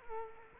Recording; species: mosquito wingbeat signal from an infrared sensor; Culex quinquefasciatus